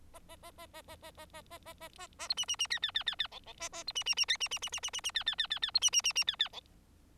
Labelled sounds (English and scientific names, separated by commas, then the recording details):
Bengalese Finch (Lonchura striata domestica) song
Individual Bird4